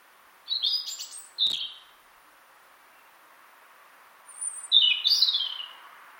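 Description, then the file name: European robin song, two short bursts of high thin warbling notes, a pause, then a longer high warbled phrase. "Erithacus rubecula"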